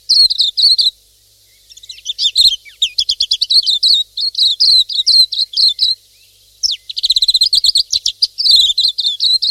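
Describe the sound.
Pleci silvereye twittering in fast, high, tinkling runs, broken by two short silences, with the notes becoming denser toward the end.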